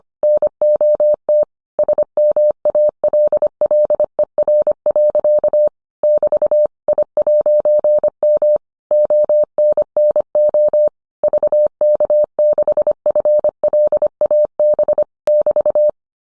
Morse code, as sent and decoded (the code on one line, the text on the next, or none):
-. --- - / ... -- .- .-.. .-.. . .-. .-.-.- / -...- / .. .----. -- / --- -. -. --- / ...- -.- -.... ..-. .-.. .- -... / -...-
NOT SMALLER. <BT> I'M ONNO VK6FLAB <BT>